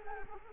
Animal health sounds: mosquito wingbeat signal from an infrared sensor; Culex quinquefasciatus

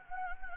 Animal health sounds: mosquito wingbeat signal from an infrared sensor; Anopheles gambiae

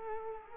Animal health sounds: mosquito wingbeat signal from an infrared sensor; Culex quinquefasciatus

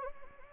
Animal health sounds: mosquito wingbeat signal from an infrared sensor; Anopheles arabiensis

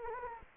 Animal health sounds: mosquito wingbeat signal from an infrared sensor; Anopheles gambiae

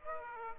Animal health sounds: mosquito wingbeat signal from an infrared sensor; Aedes aegypti

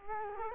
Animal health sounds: mosquito wingbeat signal from an infrared sensor; Culex quinquefasciatus

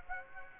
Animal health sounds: mosquito wingbeat signal from an infrared sensor; Aedes aegypti

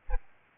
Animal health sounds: mosquito wingbeat signal from an infrared sensor; Aedes albopictus

